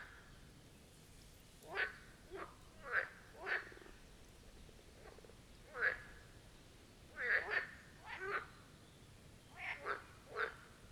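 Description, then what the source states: Marsh frogs give rattling, chuckling croaks in short pulsed bursts, some doubled or tripled, scattered irregularly through a quiet background. Chorus of marsh frogs at the Birkensee, Schönbuch, Germany, recorded on one of the first hot summer days of 2023.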